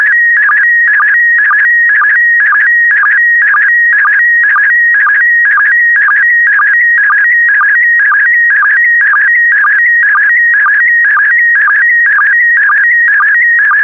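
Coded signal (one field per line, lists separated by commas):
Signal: SSTV (slow-scan television)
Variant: PD120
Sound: warbling electronic tone around 2 kHz with steady rhythmic chirps about twice a second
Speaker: complete. You can now check your decoded image against the picture that is shown on the video.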